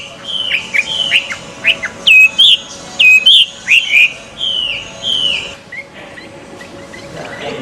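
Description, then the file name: Chinese hwamei singing a run of loud, separate whistled notes, each a short slurred swoop, then quiet background toward the end. Recorded at a bird gathering. "audio gathering hwamei. omkicau"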